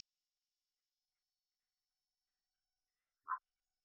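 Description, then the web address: Morelet's leaf frog giving one short note near the end of an otherwise silent stretch. "Agalychnis moreletii"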